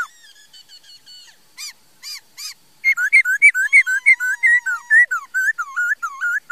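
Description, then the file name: Laughingthrush song starting with soft quick ticking notes and a few sharp calls, then rushing into lively slurred whistles and one long descending note. "Tieng khuou hot"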